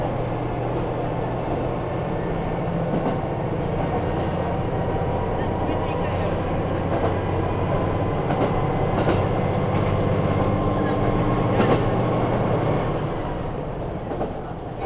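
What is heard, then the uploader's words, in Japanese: A ride on the Kyudai Main Line between Tanushimaru and Kurume: a steady, low engine drone with humming tones runs throughout, swelling slightly past the middle. Sharp wheel clicks over rail joints land every few seconds, and faint voices may sit underneath. 久大本線 田主丸→久留米。田主丸から久留米まではずっと久留米市内を走ります。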